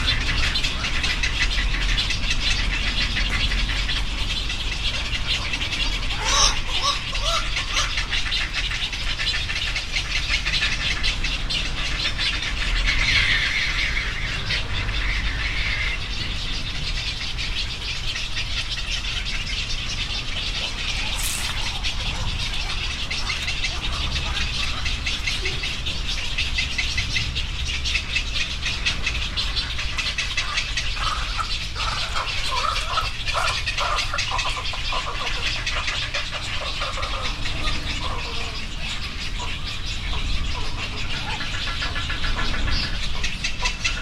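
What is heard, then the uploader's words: Egret and heron chicks call from the trees in a dense, continuous chorus of rasping, squealing cries that never lets up across the whole stretch. Sharper individual squawks stand out near the start and around the middle, over a low, steady rumble in the background. Several species of egret and heron chicks in trees at Ten Shrine in Moriyama City, Shiga Prefecture, Japan. Recorded on a Sunday afternoon with a Sony PCM-M10 recorder and omnidirectional mics attached to a backpack. Young Egrets and Herons at Ten Shrine.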